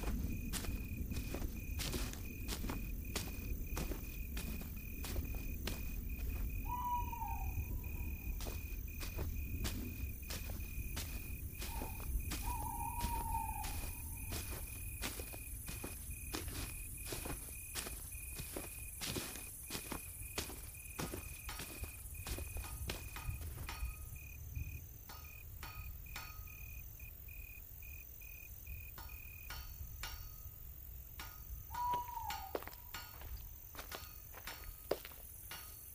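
Night ambience in a dark village: a steady high insect drone runs throughout, broken by a dense train of sharp clicks and taps. A low rumble fills the first half, and short falling calls sound near 7, 12 and 32 seconds.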